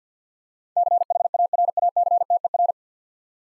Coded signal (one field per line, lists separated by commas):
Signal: Morse code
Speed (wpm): 50 wpm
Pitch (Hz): 700 Hz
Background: none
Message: CHARACTER